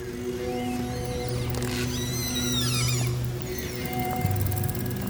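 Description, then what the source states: Orca whistles and pulsed calls, with gliding high tones rising and falling over steady low hum and tonal drones. Recorded while orca were hunting off the coast of Svalbard, in Arctic waters.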